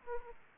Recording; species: mosquito wingbeat signal from an infrared sensor; Aedes aegypti